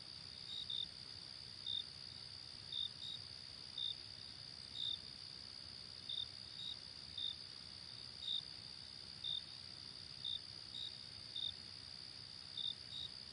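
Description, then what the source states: Night crickets: continuous high trill with regular short chirps near once a second, occasionally doubled. Night ambience.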